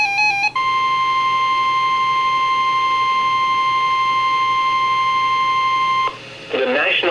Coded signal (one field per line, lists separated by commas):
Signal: Emergency Alert System (SAME) tones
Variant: 1050 Hz attention tone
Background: speech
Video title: October 27 - December 31, 2021 EAS Compilation (EAS #2393-2402)